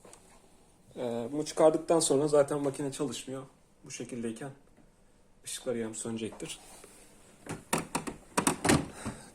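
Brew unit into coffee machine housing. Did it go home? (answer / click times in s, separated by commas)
yes / 7.7 s, 8.4 s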